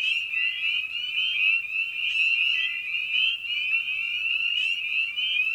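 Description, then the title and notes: Shrill, unbroken spring peeper chorus of overlapping upslurred whistles, with fainter lower sliding notes in the background. Evening at a frog pond; presented in a modified format intended as a sleep aid. "Episode 5: Night of the Peepers. we return to the frog pond for a meditative evening. Species in Focus: Spring Peeper (Pseudacris crucifer). Written, recorded, and produced by Ian Carlsen"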